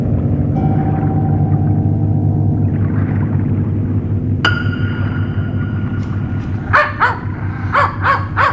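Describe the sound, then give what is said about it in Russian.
Several sharp barks from a dog named Baronchik come in quick bursts near the end, loud over a steady, deep rumbling drone that fills the whole recording. No one speaks. “Тихо, барончик, свои, свои.”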